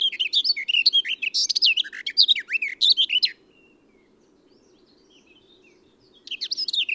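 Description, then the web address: Eurasian blackcap delivers a rich, tumbling warble of mixed whistles and chirps, pauses for about three seconds, then begins again. "SETE Sylvia atricapilla"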